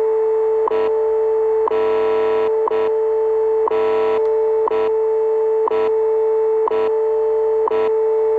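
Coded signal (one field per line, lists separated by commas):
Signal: radio time signal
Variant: WWV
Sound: steady low tone with a sharp tick each second, about 8 ticks, plus some longer noise bursts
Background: radio static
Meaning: Each tick marks one second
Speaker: hi this is radio station WWV Fort Collins Colorado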